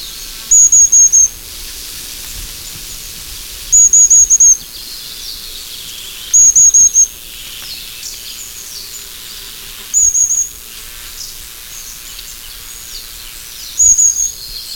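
Long-tailed tit calling: very high, thin, trilled see-see notes in five short bursts a few seconds apart, over a steady background hiss.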